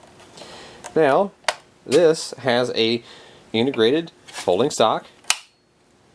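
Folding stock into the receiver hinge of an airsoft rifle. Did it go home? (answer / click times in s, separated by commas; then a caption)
yes / 5.3 s. Someone talks while the integrated folding stock of an Umarex airsoft rifle is unfolded at its receiver hinge. A small click is heard at 0.9 s, and the stock snaps into its open position with a sharp click at 5.3 s, seated in place.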